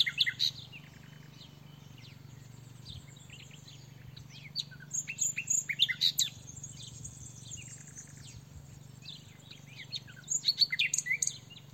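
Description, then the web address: Common nightingale song in short, varied phrases of sharp chips, clicks and high whistles, separated by pauses, above a constant low hum. "SETE data Luscinia megarhynchos"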